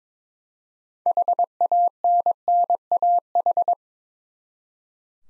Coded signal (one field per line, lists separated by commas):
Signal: Morse code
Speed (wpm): 22 wpm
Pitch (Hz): 700 Hz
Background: none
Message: HANNAH